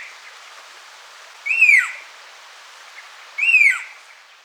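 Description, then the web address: Ocellated tapaculo giving a loud whistled note that rises briefly then slurs downward, repeated twice about two seconds apart over a soft hiss. Recorded in Ecuador. "Birds of Ecuador 2. Ocellated Tapaculo"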